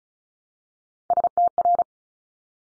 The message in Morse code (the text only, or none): STR